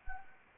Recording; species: mosquito wingbeat signal from an infrared sensor; Anopheles arabiensis